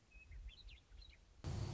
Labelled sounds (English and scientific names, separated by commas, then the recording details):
Western Meadowlark (Sturnella neglecta)
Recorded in Sonoma County, California